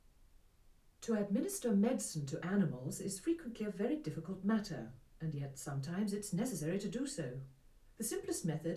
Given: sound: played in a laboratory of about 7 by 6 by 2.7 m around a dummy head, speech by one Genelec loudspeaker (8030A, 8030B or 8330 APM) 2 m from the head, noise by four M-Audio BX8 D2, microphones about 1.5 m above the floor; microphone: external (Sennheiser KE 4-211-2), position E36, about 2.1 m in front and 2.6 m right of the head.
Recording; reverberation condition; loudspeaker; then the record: female speech in English; low; 120 degrees to the left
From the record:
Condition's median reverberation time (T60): about 310 ms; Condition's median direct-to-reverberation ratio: about 3.5 dB